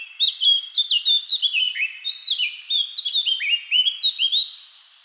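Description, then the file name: Eurasian blackcap singing a continuous, lively warble of quick sliding notes and fluty whistles for about five seconds, fading at the close. "Sylvia atricapilla"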